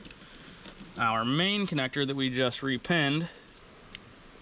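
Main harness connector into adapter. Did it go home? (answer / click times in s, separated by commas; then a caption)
yes / 4.0 s. Someone talks as a freshly repinned AccuAir main wiring harness connector is pushed into its plastic adapter housing. A single sharp click at 3.9 s marks the connector latching, and it is confirmed seated.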